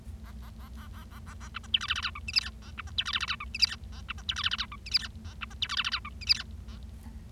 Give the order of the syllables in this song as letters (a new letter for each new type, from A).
A A A A A A A A B C D E F F G H I J K A B C D E F F G H I J K A B C D E F F G H I J K A B C D E F F G H I J K A